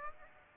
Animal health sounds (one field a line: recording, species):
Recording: mosquito wingbeat signal from an infrared sensor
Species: Aedes aegypti